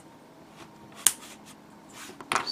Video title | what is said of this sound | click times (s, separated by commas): *GundamModels* Gundam Shield Dunda RXS-078 Review | that goes here, snaps into place like so. | 1.1 s, 2.3 s